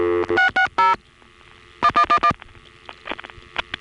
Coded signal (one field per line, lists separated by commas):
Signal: DTMF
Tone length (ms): 80 ms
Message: 660 1111